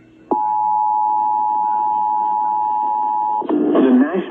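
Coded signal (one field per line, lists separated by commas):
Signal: Emergency Alert System (SAME) tones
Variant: 853 and 960 Hz attention tone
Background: speech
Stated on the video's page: Compilation of real weather EAS alerts received by radio during a storm event.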